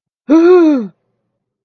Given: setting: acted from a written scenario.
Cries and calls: vocal sound without words; negative surprise

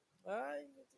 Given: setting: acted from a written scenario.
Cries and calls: vocal sound without words; fear

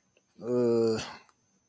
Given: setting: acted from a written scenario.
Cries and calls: vocal sound without words; embarrassment

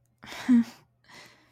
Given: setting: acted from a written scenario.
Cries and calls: vocal sound without words; shame

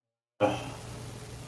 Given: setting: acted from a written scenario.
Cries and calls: vocal sound without words; contempt

